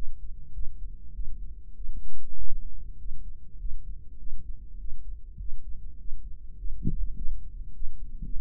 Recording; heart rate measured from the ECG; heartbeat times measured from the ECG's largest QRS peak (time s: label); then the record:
heart sounds by microphone in the right ear; 100 bpm
0.55 s: heartbeat
1.16 s: heartbeat
1.77 s: heartbeat
2.40 s: heartbeat
3.01 s: heartbeat
3.61 s: heartbeat
4.21 s: heartbeat
4.81 s: heartbeat
5.41 s: heartbeat
6.00 s: heartbeat
6.60 s: heartbeat
7.18 s: heartbeat
7.76 s: heartbeat
8.34 s: heartbeat
From the record:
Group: healthy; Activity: rest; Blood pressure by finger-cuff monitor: 168/75 mmHg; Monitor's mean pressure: 100 mmHg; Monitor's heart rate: 100 bpm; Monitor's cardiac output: 9.6 L/min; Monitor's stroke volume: 98 mL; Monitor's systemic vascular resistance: 760 dyn s/cm5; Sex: male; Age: 21 years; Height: 175 cm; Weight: 72.6 kg